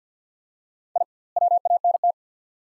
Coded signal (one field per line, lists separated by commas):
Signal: Morse code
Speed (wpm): 50 wpm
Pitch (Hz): 700 Hz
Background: none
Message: I WANT